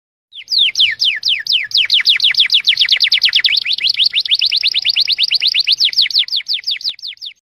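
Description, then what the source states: Canary song: a clean, rapid run of repeated sweeping whistles, with no other sounds. Canary masteran song recording, played to stimulate other birds into singing more intensely.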